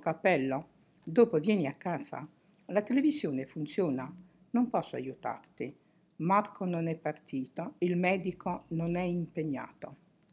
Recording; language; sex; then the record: read phrases; Italian; female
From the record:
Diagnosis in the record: healthy control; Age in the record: 68 years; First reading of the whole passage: 56 s, 9.3 characters per second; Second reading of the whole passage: 53 s, 9.8 characters per second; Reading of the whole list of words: 52 s, 5.4 characters per second